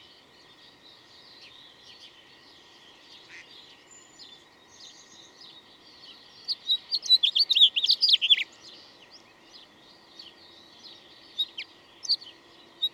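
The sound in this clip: Bird song: faint high twittering at first, then a short loud burst of rapid chirps near the middle, followed by a few scattered notes.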